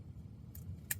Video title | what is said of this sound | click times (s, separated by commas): Smileloc - CHROME GuidedSMILE Conversion Steps | basically just clip in you can hear them snap | 0.5 s, 0.9 s